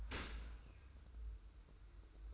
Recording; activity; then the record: daily activity, microphone in the room; open dishwasher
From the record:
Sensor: 2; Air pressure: 990.4 hPa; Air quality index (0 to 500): 210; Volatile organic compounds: 1000 ppm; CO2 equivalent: 6744 ppm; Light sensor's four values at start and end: 29/67/27/27 and 29/67/27/27